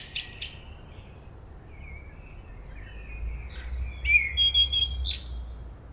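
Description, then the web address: Common blackbird calls: short chirps and thin high notes scattered through, growing louder and sharper near the end, over a low steady rumble. "SETE data Turdus merula"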